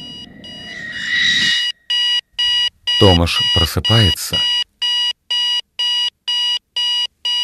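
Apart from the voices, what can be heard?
alarm clock ringing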